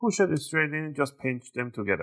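Someone talks while the battery cable connector of an ASUS FX553VD DM056T laptop is being pushed straight into its socket on the motherboard. Only speech is heard, with no distinct click. Nothing has seated or clicked yet.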